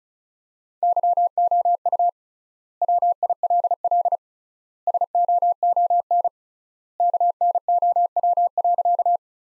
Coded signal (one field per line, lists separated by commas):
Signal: Morse code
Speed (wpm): 34 wpm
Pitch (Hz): 700 Hz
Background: none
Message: YOU WILL SOON KNOW.